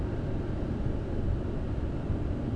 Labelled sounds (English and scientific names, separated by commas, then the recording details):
none
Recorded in Germany
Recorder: ecoPi